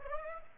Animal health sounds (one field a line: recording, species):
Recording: mosquito wingbeat signal from an infrared sensor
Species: Aedes aegypti